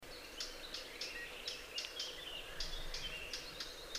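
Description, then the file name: Eurasian blackcap giving sharp clicking tack calls, repeated two or three times a second, with faint warbling and a steady background hiss. "Sylvia atricapilla"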